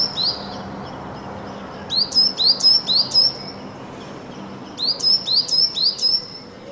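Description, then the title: Great tit song, bright high two-note whistles repeated rapidly, mainly in two runs of about five phrases each, separated by a pause. Heard and watched from a balcony; the bird is described as small and elusive, its song as elegant and simple. "Mallarenga Carbonera"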